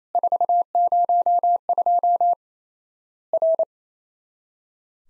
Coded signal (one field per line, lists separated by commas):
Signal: Morse code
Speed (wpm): 28 wpm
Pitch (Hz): 700 Hz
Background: none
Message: 402 R